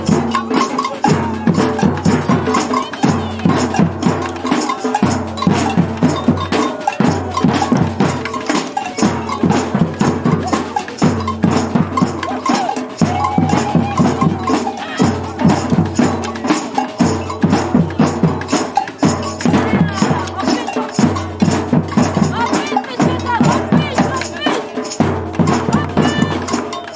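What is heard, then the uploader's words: A samba drum band plays a steady, driving groove with deep booming drums and clanking bell-like hits, dense and loud throughout, voices faintly underneath. Samba Rhythms Of Resistance and clowns at Airport Blockade.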